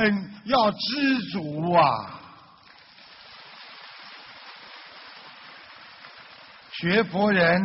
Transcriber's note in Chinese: 掌声